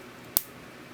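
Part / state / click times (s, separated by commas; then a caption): watch band spring bar into smartwatch lug / seated / 0.4 s. A compressed watch band spring bar slides into the lug of a Moto 360 smartwatch case and snaps into place with a single sharp click at 0.4 s. The band is seated, and the rest of the clip is quiet.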